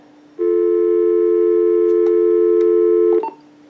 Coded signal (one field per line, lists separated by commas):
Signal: telephone call progress tone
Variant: North America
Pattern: dial tone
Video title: Uniden EXS2080 900MHz DSS Cordless Phone With Answering Machine- Initial Checkout & Brief Range Test